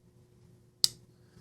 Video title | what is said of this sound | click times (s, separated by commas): Review/impressions of the Shirogorov Quantum… an EKnives Exclusive Urdu’s Series | nice click no detent lash let's do that again | 0.8 s